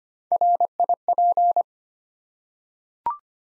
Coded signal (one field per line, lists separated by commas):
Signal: Morse code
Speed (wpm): 25 wpm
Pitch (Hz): 700 Hz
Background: none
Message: RIP